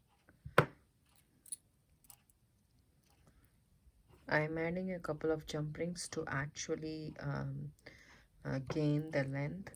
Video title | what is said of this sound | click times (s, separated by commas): Double Strand Gemstone bracelet with Michael’s silver metal beads | and close it tight wiggle it around and you will hear a click | 0.6 s